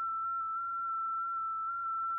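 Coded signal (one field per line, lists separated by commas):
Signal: FT8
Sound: a steady pure whistle near 1.3 kHz, wavering in tiny pitch steps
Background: low hum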